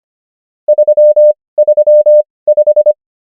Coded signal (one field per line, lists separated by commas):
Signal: Morse code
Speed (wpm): 25 wpm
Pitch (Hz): 600 Hz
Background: none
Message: 335